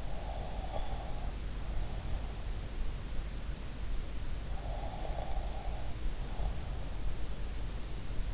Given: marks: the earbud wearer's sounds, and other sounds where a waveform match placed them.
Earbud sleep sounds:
sounds in sleep by an in-ear microphone; snoring breath
0.00-2.79 s: snoring breath
4.51-7.40 s: snoring breath

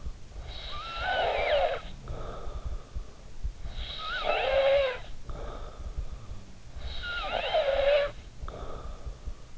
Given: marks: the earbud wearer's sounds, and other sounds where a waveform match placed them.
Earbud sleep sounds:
sounds in sleep by an in-ear microphone; snoring breath
0.26-3.15 s: snoring breath
3.64-6.21 s: snoring breath
6.66-9.58 s: snoring breath

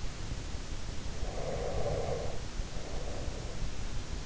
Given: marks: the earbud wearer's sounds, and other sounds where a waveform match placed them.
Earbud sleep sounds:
sounds in sleep by an in-ear microphone; breath
0.99-4.19 s: breath

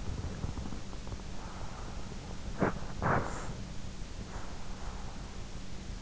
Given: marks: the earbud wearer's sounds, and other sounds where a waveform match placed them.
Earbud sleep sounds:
sounds in sleep by an in-ear microphone; breath, body movement
0.02-2.42 s: breath
2.42-3.37 s: body movement
2.98-3.63 s: breath
3.95-6.00 s: breath

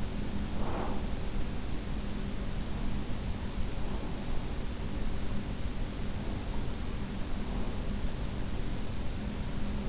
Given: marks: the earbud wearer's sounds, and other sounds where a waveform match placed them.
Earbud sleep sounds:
sounds in sleep by an in-ear microphone; breath
0.00-1.25 s: breath

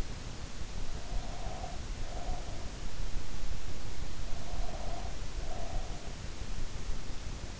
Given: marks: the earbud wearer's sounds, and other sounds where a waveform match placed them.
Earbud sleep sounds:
sounds in sleep by an in-ear microphone; breath
0.89-2.64 s: breath
4.29-6.27 s: breath

